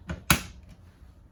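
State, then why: Seated. A plastic access cover over the replaceable bag on a 2024 Forest River Surveyor 252 RBLE is closed and pressed shut into its housing. A softer knock comes first at about 0.1 s, then one sharp, loud click at 0.3 s as the bag compartment cover locks into place.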